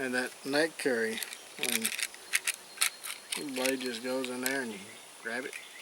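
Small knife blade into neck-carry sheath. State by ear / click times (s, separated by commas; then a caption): not seated / none. Someone talks while handling a small whittling knife and its neck-carry sheath, working the blade toward the sheath's retention. A few brief, sharp handling ticks are heard between about 2.3 and 2.8 seconds. Nothing has seated or clicked yet.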